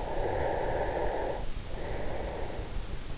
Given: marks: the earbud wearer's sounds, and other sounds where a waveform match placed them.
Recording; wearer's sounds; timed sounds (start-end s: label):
sounds in sleep by an in-ear microphone; breath
0.08-3.10 s: breath